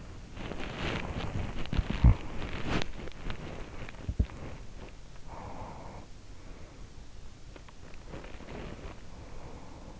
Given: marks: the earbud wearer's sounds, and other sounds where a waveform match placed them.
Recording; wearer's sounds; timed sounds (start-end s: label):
sounds in sleep by an in-ear microphone; body movement
0.00-8.99 s: body movement
5.31-7.02 s: sound from someone else or the room